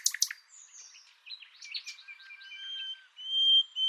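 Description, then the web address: Bird calls: two loud sharp clicks, then soft twittering and thin, level whistles that rise in loudness near the end. "Deverinetal 2025 File origin Bird Only"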